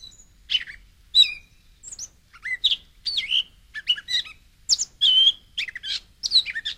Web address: Gray Catbird